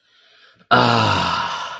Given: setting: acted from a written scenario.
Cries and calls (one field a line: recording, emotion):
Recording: vocal sound without words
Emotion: contentment